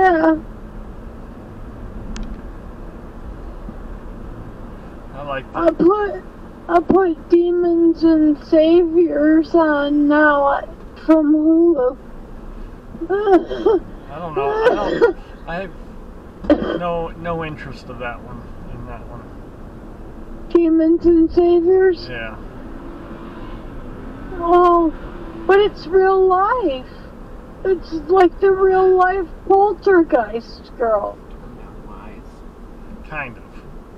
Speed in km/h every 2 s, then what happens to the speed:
66, 69, 68, 64, 63, 55, 53, 55, 53, 61, 64, 64, 66, 66, 61, 55, 48.
0-5 steady at about 68. 5-10 slows to 55. 10-15 steady at about 55. 15-20 speeds up to 64. 20-26 steady at about 64. 26-34 slows to 48.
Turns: none.